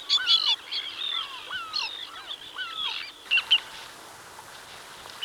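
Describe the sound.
Ruddy turnstone calls: quick, high chattering notes in short bursts.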